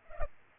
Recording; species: mosquito wingbeat signal from an infrared sensor; Culex pipiens